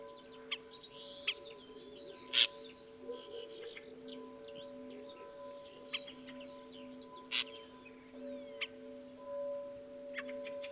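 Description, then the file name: Common starling song in sparse snatches: sharp clicks and brief whistles at irregular intervals, with a steady humming tone throughout. Recorded at Dviete. "dviete sturnus vulgaris"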